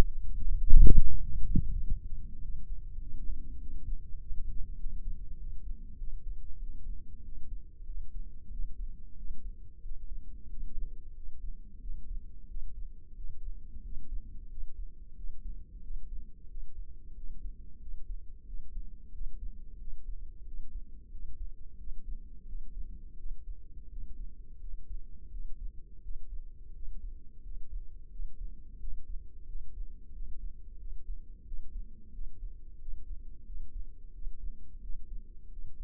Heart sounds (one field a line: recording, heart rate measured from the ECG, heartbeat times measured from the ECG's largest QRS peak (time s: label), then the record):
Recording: heart sounds by microphone in the left ear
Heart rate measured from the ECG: 91 bpm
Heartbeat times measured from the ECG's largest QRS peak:
0.60 s: heartbeat
1.22 s: heartbeat
1.83 s: heartbeat
2.42 s: heartbeat
3.02 s: heartbeat
3.61 s: heartbeat
4.20 s: heartbeat
4.79 s: heartbeat
5.39 s: heartbeat
6.00 s: heartbeat
6.62 s: heartbeat
7.25 s: heartbeat
7.88 s: heartbeat
8.52 s: heartbeat
9.18 s: heartbeat
9.84 s: heartbeat
10.50 s: heartbeat
11.16 s: heartbeat
11.82 s: heartbeat
12.50 s: heartbeat
13.17 s: heartbeat
13.84 s: heartbeat
14.50 s: heartbeat
15.17 s: heartbeat
15.83 s: heartbeat
16.50 s: heartbeat
17.16 s: heartbeat
17.81 s: heartbeat
18.47 s: heartbeat
19.13 s: heartbeat
19.80 s: heartbeat
20.46 s: heartbeat
21.12 s: heartbeat
21.79 s: heartbeat
22.48 s: heartbeat
23.18 s: heartbeat
23.91 s: heartbeat
24.61 s: heartbeat
25.32 s: heartbeat
26.04 s: heartbeat
26.75 s: heartbeat
27.44 s: heartbeat
28.12 s: heartbeat
28.81 s: heartbeat
29.48 s: heartbeat
30.15 s: heartbeat
30.80 s: heartbeat
31.47 s: heartbeat
32.14 s: heartbeat
32.81 s: heartbeat
33.47 s: heartbeat
34.14 s: heartbeat
34.82 s: heartbeat
35.52 s: heartbeat
From the record:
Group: healthy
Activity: rest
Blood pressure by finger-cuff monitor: 154/98 mmHg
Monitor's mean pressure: 115 mmHg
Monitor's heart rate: 90 bpm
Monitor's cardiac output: 7 L/min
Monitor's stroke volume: 77 mL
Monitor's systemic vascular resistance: 1200 dyn s/cm5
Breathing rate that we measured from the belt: 18 breaths a minute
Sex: male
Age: 21 years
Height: 175 cm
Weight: 72.6 kg